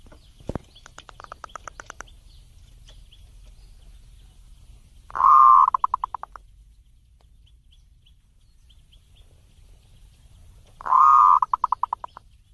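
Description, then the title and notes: Zebra dove singing: two loud warbling coo phrases, each trailing into a fading run of quick clicking pulses, with softer clicks and faint hum early on. Used for mastering, training other birds to learn the song. "Kupulan Burung Perkutut. burung perkutut yang bisa digunakan untuk memaster"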